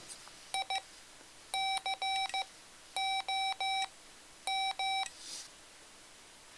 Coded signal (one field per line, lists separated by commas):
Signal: Morse code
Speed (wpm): 15 wpm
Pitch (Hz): 770 Hz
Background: none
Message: ICOM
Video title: Mr. Rags Macro Keyer - Pt. 4 - Recording Soft Macros